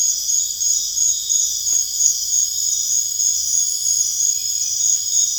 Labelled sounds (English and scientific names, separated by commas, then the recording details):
none
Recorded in dense forest near Puerto Asís, Putumayo, Colombia, on 21 December 2024 at 22:00
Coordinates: 0.484, -76.325
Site G056